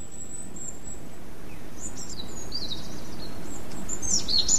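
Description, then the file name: European robin song: a thin, very high sustained whistle opens, then a pause, then rapid high twittering phrases building toward the end, with a steady low background rumble. "rouge gorge"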